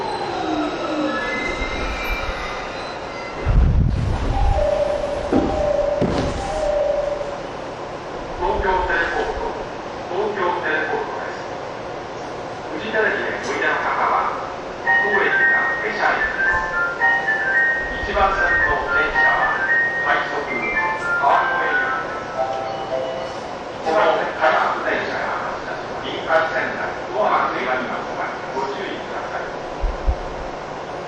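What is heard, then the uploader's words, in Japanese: A TWR 70-000 series Saikyo Line train rolls with steady rumble, a heavy thud near four seconds, then voices and rising motor tones. TWR70-000形 埼京線快速01 新木場～赤羽。209系と同じオリジナルのインバータ音だった、TWR70-000形”埼京線快速”を収録したものです。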